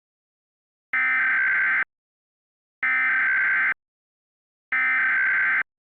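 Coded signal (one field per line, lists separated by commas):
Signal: Emergency Alert System (SAME) tones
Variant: header bursts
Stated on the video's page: Fictional EAS scenario; the tones were made with a Python EAS generator and edited in audio software.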